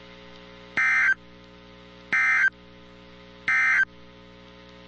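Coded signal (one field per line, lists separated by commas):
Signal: Emergency Alert System (SAME) tones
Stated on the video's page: Severe storm alerts from NOAA weather radio stations in Illinois, Indiana, Texas and Florida.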